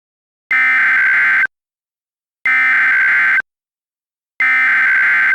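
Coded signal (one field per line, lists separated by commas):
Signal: Emergency Alert System (SAME) tones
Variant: header bursts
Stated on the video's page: Fictional tsunami and earthquake alert scenario for the Oregon coast.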